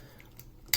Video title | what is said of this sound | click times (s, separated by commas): Transformers: Bumblebee - Power Charge Bumblebee | and push the outside out until they snap into place. | 0.7 s